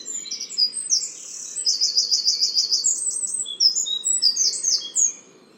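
Bird twittering: bright, very high chirps and rapid trilled runs continuing almost throughout, with a steady faint hiss underneath.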